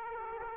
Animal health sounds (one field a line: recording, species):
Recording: mosquito wingbeat signal from an infrared sensor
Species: Aedes aegypti